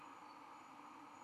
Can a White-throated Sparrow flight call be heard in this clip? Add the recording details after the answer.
no. No flight call is heard. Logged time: 23:59 on 10 November 2014